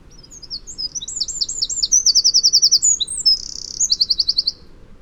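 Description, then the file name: Eurasian wren song, a loud high-pitched rapid burst of varied notes running into a fast trill and a short buzzy reel, then another quick trill. "Troglodytes troglodytes"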